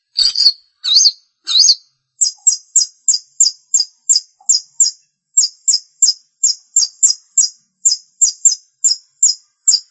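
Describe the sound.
Long-tailed shrike song starting with three harsh rasping calls, then a steady run of many very high, thin chirped notes.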